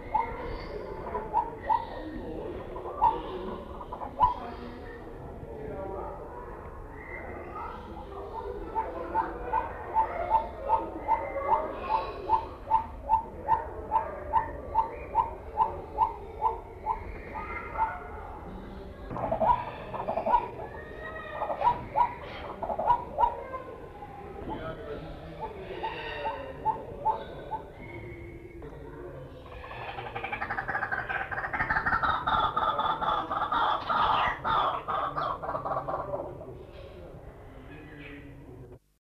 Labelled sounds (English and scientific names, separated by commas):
White-breasted Waterhen (Amaurornis phoenicurus) call